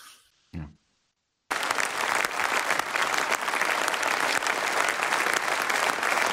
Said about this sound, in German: Warum klatschen die jetzt alle? Warum klatschen die alle? Warum stehen die auf?